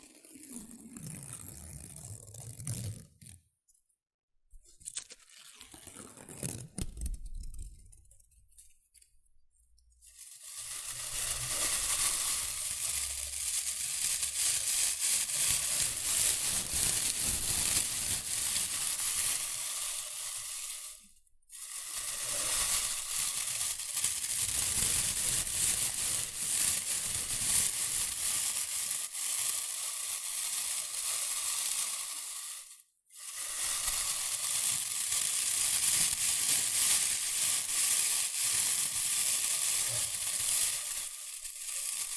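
Shredded tissue and packing peanuts rustle and crinkle in dense, hissing bursts. The first ten seconds are patchier, with quieter scrunches and brief pauses, then a steady, bright crackling runs on, broken by short silences near 21 and 33 seconds.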